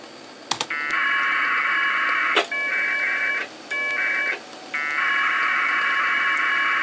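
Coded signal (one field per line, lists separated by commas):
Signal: packet radio (AX.25, as in APRS)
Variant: 1200 baud AFSK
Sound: several harsh warbling data bursts, about four, separated by brief pauses and clicks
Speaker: You'll then hear the two radios talking and hopefully some ridiculous ping times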